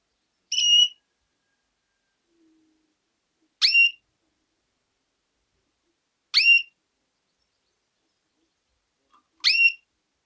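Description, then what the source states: Canary calls: four clear rising whistled notes with bright overtones, spaced about three seconds apart, with silence between them. Female.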